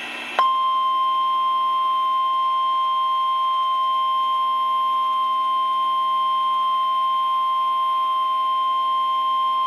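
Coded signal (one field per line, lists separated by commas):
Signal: Emergency Alert System (SAME) tones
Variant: 1050 Hz attention tone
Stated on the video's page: Severe weather alerts received through an online weather radio stream, which skipped on one alert.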